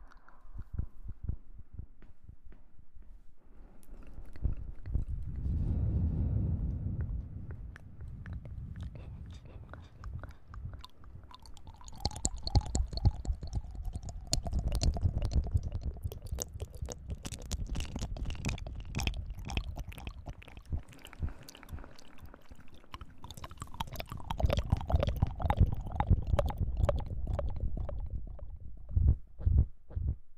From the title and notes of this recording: ASMR Super tingly Mouth sounds.